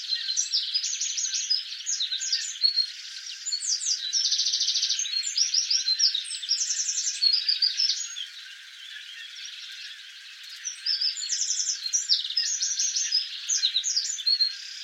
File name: Troglodytes troglodytes